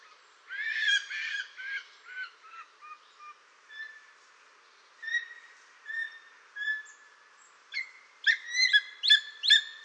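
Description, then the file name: Greater spotted eagle calls: a series of short, harsh harmonic yelps, softer spaced notes in the middle, then a quick run of loud repeated yelps at the end. "orlikgrubodzioby"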